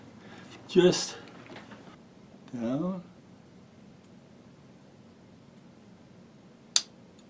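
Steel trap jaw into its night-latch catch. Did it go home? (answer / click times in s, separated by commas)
yes / 6.8 s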